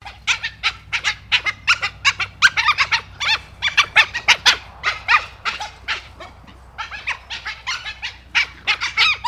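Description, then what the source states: Dhole giving a fast, uneven stream of shrill squeaks and chirping yelps, several per second, continuing throughout with a brief lull midway. Excited vocalisation.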